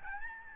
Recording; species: mosquito wingbeat signal from an infrared sensor; Aedes albopictus